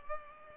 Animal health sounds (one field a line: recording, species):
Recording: mosquito wingbeat signal from an infrared sensor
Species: Culex pipiens